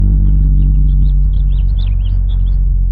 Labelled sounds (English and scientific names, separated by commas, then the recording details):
House Finch (Haemorhous mexicanus) song
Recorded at WGilgo Beach on Long Island, New York, on 22 May 1975
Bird F